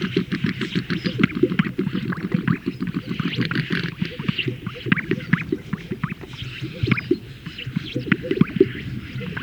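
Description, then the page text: Greater sage-grouse display sounds: many overlapping low pops and bubbling notes form a busy, continuous chorus, with brief higher swishing sounds throughout. Males performing at a lek, inflating a large sac and releasing the air. "Greater Sage Grouse males performing at a lek, where they inflate a large sac and release the air"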